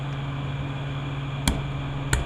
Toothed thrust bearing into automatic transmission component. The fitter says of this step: And it kind of pops into place.